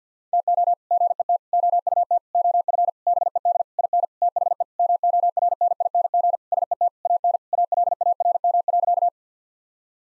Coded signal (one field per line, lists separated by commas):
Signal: Morse code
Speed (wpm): 50 wpm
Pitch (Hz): 700 Hz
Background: none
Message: TO GET OUT OF BED IN THE MORNING SET AN ALARM.